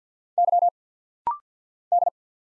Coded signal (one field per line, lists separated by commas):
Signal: Morse code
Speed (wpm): 50 wpm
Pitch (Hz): 700 Hz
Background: none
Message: Y D